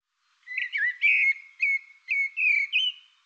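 Bird giving a short whistled phrase of six or seven linked, slurred notes that dip and rise, sweet and clear against silence.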